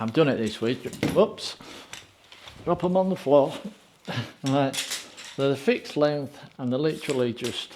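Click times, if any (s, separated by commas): none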